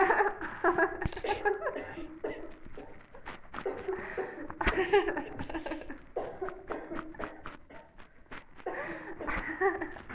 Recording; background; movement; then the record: laughter; a bystander coughing; sitting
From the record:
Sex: female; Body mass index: 18.3 kg/m2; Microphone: on the chest, facing the body